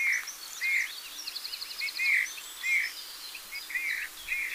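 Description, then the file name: Eurasian bullfinch calling in a series of short, mellow piped notes, with a thin trill of another bird in the background. "Pyrrhula pyrrhula"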